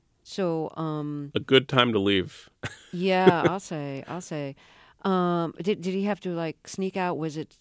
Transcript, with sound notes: So...
A good time to leave.
(LAUGHTER)
Yeah, I'll say. I'll say. Did he have to, like, sneak out?